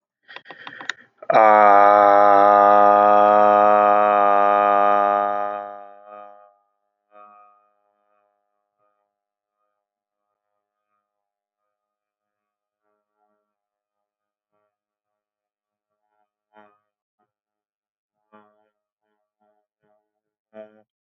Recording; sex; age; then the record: vowel held as long as possible; male; 20 to 29 years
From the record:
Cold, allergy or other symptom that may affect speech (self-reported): no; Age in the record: 29 years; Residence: Pennsylvania, United States